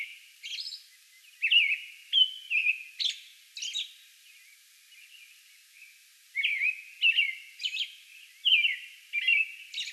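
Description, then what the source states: American robin caroling: clusters of warbled phrases and shrill high notes, with a pause of about two seconds before the song picks up again. Song bout recorded on May 11.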